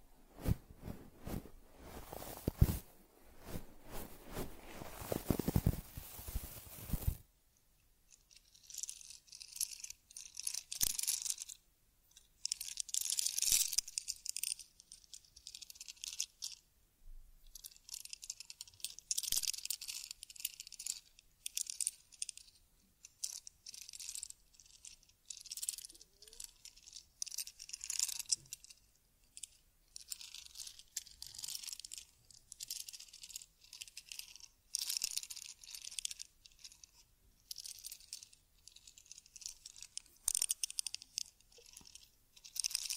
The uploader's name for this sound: Taking Care of Teddy Head Massage, Facial Cleansing, Fur Combing and Ear Cleaning